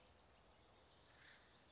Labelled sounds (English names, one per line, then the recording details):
Acorn Woodpecker
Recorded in Sonoma County, California